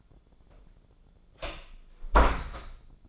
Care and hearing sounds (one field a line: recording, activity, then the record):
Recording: daily activity, microphone in the room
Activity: close door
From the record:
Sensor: 5